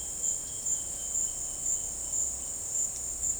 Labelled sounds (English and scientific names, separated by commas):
Roadside Hawk (Rupornis magnirostris)